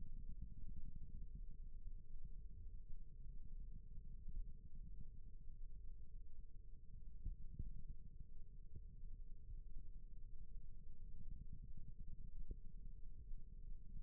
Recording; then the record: forearm muscle sounds (acoustic myography)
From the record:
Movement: rest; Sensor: system 1, eight BSWA MPA416 microphones around the upper forearm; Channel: 3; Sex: male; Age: 28 years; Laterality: right